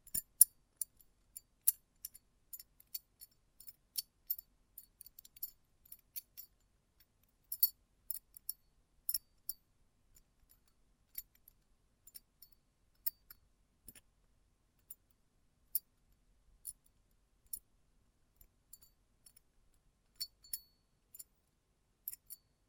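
Close-up metallic sounds: small, sharp clicks and light clinks scattered irregularly across the whole clip, several per second at times, with brief gaps between. Each tick is bright and very short, with nothing low or sustained beneath them and near silence in between.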